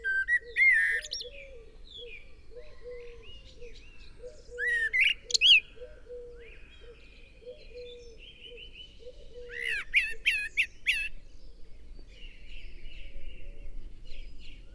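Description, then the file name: Common blackbird giving several short phrases, each a few fluty whistles run into a high squeaky flourish, separated by pauses, over a low pulsing hoot in the background. "Turdus merula"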